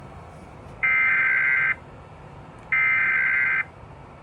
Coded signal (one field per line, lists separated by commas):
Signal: Emergency Alert System (SAME) tones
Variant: header bursts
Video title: Texas Amber Alert EAS on KDSX dasdec decoder